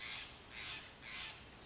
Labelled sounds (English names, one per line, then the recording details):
Steller's Jay
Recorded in Sonoma County, California